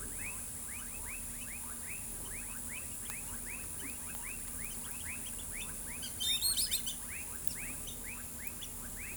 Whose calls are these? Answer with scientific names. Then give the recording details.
Dendrocygna autumnalis. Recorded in pastures near Pivijay, Magdalena, Colombia, on 1 June 2023 at 18:30. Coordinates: 10.456, -74.369. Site P6-G026